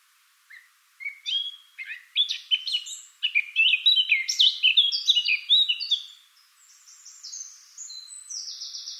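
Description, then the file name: Eurasian blackcap song: quiet opening notes build into a rapid, jumbled warble, ending in a few clear high whistled notes. "Sylvia atricapilla"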